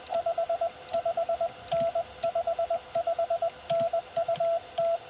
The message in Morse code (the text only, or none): 55N 55N UT